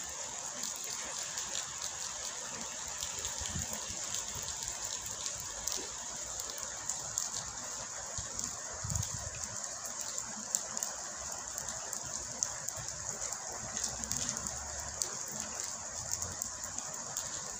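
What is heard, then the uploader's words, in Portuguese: Steady, dense rain hisses evenly throughout, with a bright sizzling edge and countless fine drop ticks scattered across it. Soft low rumbles swell briefly around 4, 9 and 14 seconds, like traffic or water gushing beneath the downpour. Som de chuva genuino gravado por mim e som de aguas.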